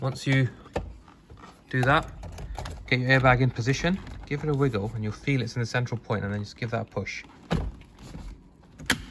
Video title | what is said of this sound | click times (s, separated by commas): Audi A3 S3 (8V) Cruise Control Retrofit Guide | and you hear it click | 8.9 s